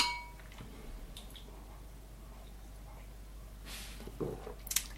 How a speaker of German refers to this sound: Dann würde ich sagen, ein letztes Mal anstoßen. Mit La Chouf. Das ist das erste und letzte Mal im Leben.